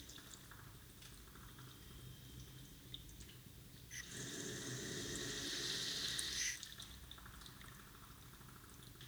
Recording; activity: daily activity, guitar pickup as the sensor; flush